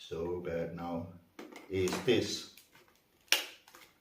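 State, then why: Seated. A component of a Miele Triflex HX1 cordless stick vacuum is fitted into the main body during assembly while someone talks. A sharp, loud click at 3.3 s shows the part seated in place, followed by a few faint knocks.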